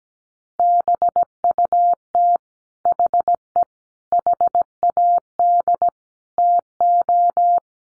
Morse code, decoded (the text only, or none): BUT HE HAD TO